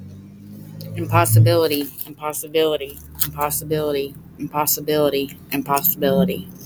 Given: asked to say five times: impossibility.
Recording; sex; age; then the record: repeated word; female; 30 to 39 years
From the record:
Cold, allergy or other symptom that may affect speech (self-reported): no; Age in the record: 37 years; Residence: North Carolina, United States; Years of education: 13